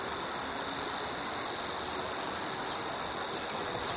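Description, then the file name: Savi's warbler giving a continuous high, even reeling trill that holds one pitch throughout, over a loud steady rushing background noise. "Locustella luscinioides"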